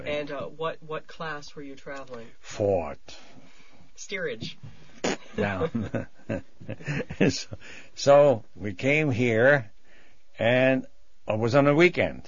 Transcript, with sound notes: And what class were you traveling?
Fourth.
Steerage.
Down. ( they laugh ) So we came here, and it was on a weekend.